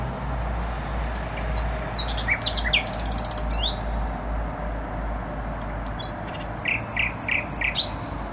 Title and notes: Bródno-Podgrodzie, Warszawa, Polska - Trasa Toruńska Nightingale. Recording nightingale singing in bushes close to noisy motorway